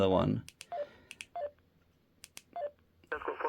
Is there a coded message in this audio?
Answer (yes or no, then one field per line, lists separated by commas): no